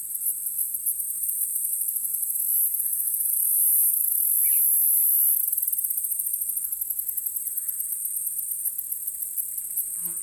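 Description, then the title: Cicada song: a steady shrill drone that swells in the middle, with a brief faint chirp and a low knock near the end. Field recording made in Australia or Portugal during 2011; some recordings unaltered, others processed. "EMERGING TERRITORIES. Cicadas"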